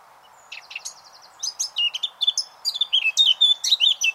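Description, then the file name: Eurasian blackcap warbling song building from soft chattering into louder, clearer whistled notes in quick succession, over a faint steady hiss. "Sylvia atricapilla"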